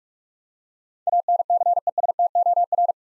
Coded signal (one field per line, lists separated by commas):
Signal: Morse code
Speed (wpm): 46 wpm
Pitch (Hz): 700 Hz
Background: none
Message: ANCESTOR